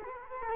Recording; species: mosquito wingbeat signal from an infrared sensor; Culex quinquefasciatus